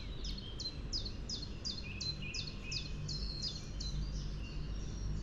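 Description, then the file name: Common nightingale song: a high, sharply dropping note repeated about three times a second, with softer lower notes beneath and constant low rumble. "Luscinia megarhynchos"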